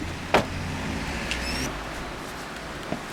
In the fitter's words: And after that, we will hear that it's clicking to the bumper.